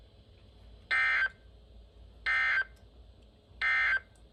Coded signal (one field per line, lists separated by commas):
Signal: Emergency Alert System (SAME) tones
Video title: EAS 2024-2042 (7/20 - 8/17/22)